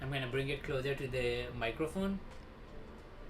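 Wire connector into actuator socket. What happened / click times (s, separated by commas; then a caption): The connector is being handled but has not clicked in yet / none. A wire connector for an actuator is handled near its socket while someone talks, with the voice dominating the first two seconds and quieter handling noise after. Nothing has seated or clicked yet; the connector is not yet home in its socket.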